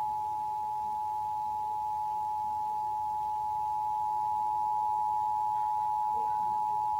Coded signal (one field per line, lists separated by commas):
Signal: Emergency Alert System (SAME) tones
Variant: 853 and 960 Hz attention tone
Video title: NYC Required Monthly Test (11/4/15)